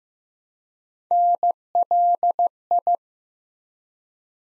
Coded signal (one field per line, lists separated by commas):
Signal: Morse code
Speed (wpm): 15 wpm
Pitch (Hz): 700 Hz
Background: none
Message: NLI